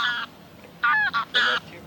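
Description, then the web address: Greylag goose: a few loud, harsh nasal honks, with a pause after the first. A flock of wild greylag geese in noisy clamour. "Гусь серый базар Oche Selvatiche"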